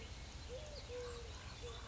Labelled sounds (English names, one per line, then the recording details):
Eurasian Collared Dove
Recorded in Sonoma County, California